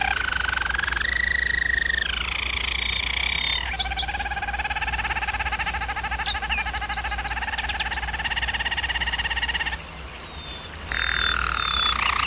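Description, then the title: German Roller canary song: long continuous rolling trills at steady pitches, shifting between low and higher tours, with a brief quieter pause near ten seconds. Used as a canary training recording. "German Roller Canary Singing - Canary Training Vid"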